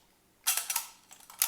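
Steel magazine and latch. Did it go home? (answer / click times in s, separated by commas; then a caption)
no / none. A detachable magazine is handled at an SKS rifle, with its rear being worked toward the magazine release latch. There are brief bright metallic rattles and scrapes around 0.5 and 0.7 seconds, softer ticks between 1.1 and 1.3 seconds, and a sharp tick at about 1.4 seconds. Nothing has seated or clicked yet; the magazine is not home when the clip ends.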